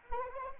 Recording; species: mosquito wingbeat signal from an infrared sensor; Anopheles arabiensis